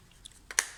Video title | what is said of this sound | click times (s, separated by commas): Sony A6400 & 18-105mm Lens Unboxing -- 2023 -- Hindi -- 🔥 | देखिए, इससे भी क्लिक की आवाज आई और अब यह पूरी तरह से सेट हो गया है। | 0.6 s